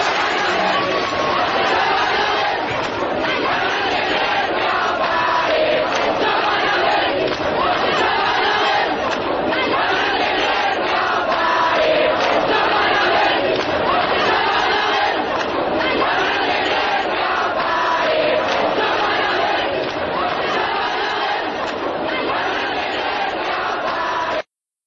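crowd applauding and cheering

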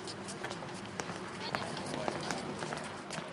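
running footsteps

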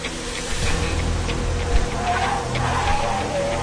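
car arriving

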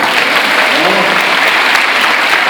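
audience applause

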